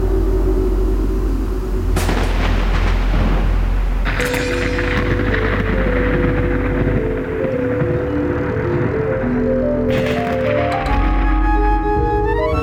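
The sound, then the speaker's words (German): Loud thunder crashes break out three times, each sharp crack trailing into a heavy rumble, over a continuous low roar and sustained droning tones that shift in pitch. “Mittlerweile war der Patagonien-Kurier an das Gewitter herangekommen und Fabien, der Pilot, gab den Gedanken auf, es zu umfliegen.”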